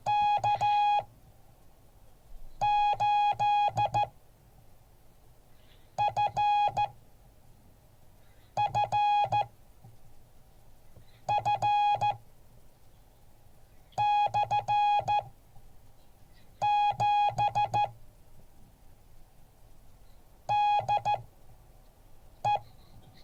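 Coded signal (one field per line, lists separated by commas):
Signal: Morse code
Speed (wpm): 14 wpm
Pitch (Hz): 830 Hz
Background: none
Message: K8FFF/7 DE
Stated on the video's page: Morse code class.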